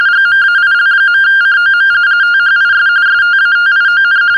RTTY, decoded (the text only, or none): GMAIL.COM THIS STATION